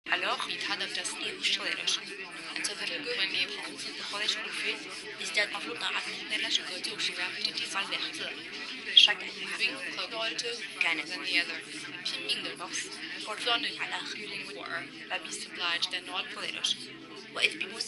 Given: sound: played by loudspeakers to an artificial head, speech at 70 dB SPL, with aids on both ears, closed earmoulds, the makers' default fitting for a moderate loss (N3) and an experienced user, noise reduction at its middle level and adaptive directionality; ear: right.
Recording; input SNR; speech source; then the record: speech test signal (ISTS) in cocktail-party noise; -6 dB; in front (0 degrees)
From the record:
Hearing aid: class 2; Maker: B